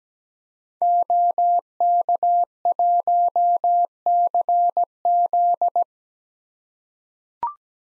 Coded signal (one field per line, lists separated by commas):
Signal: Morse code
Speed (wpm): 17 wpm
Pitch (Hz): 700 Hz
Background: none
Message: OK1CZ